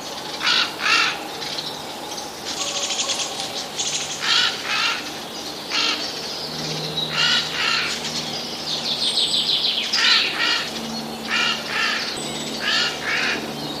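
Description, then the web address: Eurasian jay repeating hoarse, grating screeches in short bursts, often doubled, through most, with faint other bird notes behind. Alarm call, recorded 18 May 2013. "wroblowe ostrzegator sojka"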